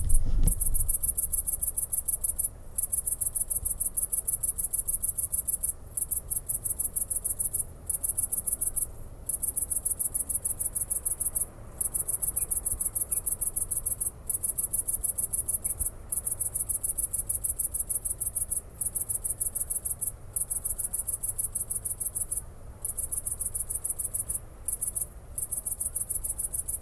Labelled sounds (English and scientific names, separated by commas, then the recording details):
Great Green Bush-cricket (Tettigonia viridissima) stridulation
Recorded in the wild
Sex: male
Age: imago
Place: Kloster, Insel Hiddensee, Mecklenburg-Vorpommern, DE
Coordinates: 54.5908, 13.1058
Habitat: meadow
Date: 2008-09-09 20:30
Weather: ca. 15°C
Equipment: Sound Devices 702, Sennheiser MKH 70, Windkorb
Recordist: Frommolt, Karl-Heinz